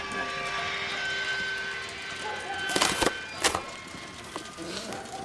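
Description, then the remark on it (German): A heavy mine cart loaded high with sacks rolls down a slope on rails while its brake shoes let out a steady, high metallic screech, broken by a few sharp clanking jolts near the end. “als eine Lore, hoch mit Säcken beladen, den Hang herabgerollt kommt. Die Hemmschuhe kreischen.”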